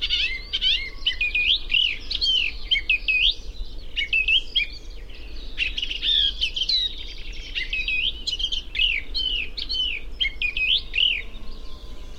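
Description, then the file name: Eurasian blackcap producing a chattering warble of looping high phrases that rise and fall, with a faint low drone behind. "Sylvia atricapilla"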